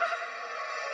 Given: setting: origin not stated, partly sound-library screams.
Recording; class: one-second piece from a danger detection set; woman in danger